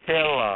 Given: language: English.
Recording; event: throat vibration sensor signal played as sound; speech